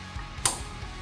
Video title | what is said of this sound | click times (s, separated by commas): 1999-2004 Ford F-150 SVT Lightning: How To Replace Fuel Filter | line at the front of the filter so same thing here you'll push until you hear an audible click | 0.5 s